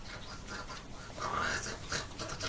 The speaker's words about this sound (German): Aha, das sind noch die Schaltungsgeräusche, glaube ich. Ah, hören wir schon was?